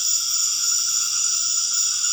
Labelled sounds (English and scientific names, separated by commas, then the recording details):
none
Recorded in dense forest near Puerto Asís, Putumayo, Colombia, on 4 March 2025 at 20:30
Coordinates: 0.481, -76.323
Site G088